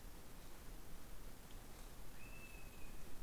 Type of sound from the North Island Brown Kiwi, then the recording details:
male call. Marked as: faintness 3/5. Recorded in New Zealand on 13 December 2015. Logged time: 21:44. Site CL72